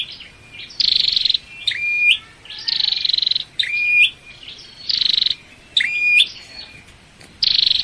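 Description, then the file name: Flowerpecker singing a series of high buzzy bursts alternating with short rising whistles over several seconds. Singing bird; Vietnamese local name chim sâu đầu đỏ, meaning red-headed flowerpecker. "Tieng chim sau dau do hot"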